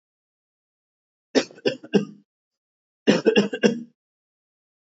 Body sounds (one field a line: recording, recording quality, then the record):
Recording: shallow voluntary cough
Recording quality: excellent, no background noise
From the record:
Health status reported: healthy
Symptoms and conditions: diabetes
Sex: male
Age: 57 years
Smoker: not ticked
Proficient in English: yes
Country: India